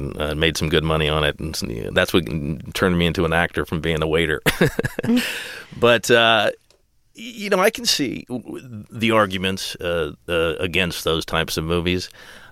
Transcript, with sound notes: And I made some good money on it. That's what turned me into an actor from being a waiter. (LAUGHTER) But, you know, I can see the arguments against those types of movies.